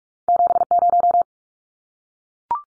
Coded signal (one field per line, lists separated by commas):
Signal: Morse code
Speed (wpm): 44 wpm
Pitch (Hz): 700 Hz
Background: none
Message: 70